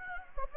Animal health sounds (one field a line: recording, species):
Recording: mosquito wingbeat signal from an infrared sensor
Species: Anopheles gambiae